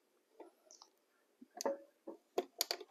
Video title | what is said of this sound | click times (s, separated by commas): 6.5 FT Grave Digger Home Depot Unboxing Set Up Demo Halloween 2023 | now that that's snapped in place we can move | 2.6 s